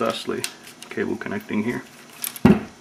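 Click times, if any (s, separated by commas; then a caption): 2.5 s. Someone talks while fitting the choke cable end into its connection on the carburetor choke linkage of a Suzuki RF600R. A short, sharp metallic click at 2.5 seconds shows the cable end has seated.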